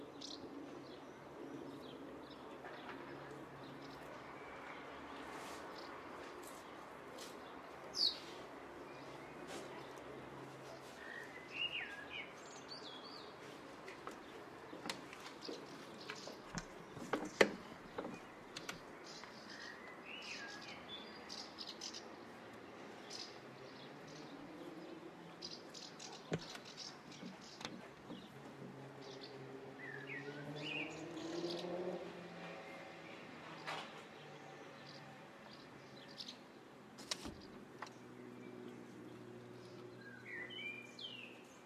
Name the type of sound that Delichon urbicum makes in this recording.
call